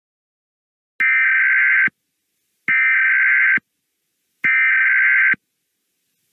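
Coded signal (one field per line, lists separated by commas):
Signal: Emergency Alert System (SAME) tones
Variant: header bursts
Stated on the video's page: Fictional EAS scenario alert about war in the USA.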